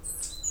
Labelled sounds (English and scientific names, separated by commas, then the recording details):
Stitchbird (Notiomystis cincta) song
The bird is a male
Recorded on Tiritiri Matangi Island, New Zealand, in 2005
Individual 11, of nest box 13